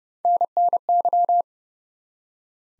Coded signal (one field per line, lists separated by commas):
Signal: Morse code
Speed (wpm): 28 wpm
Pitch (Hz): 700 Hz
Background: none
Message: NNY